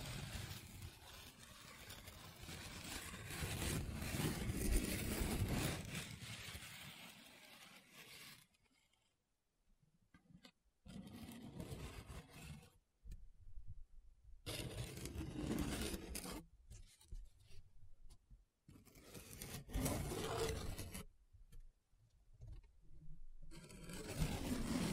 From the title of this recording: Paper Sounds Tracing, Scratching, Rubbing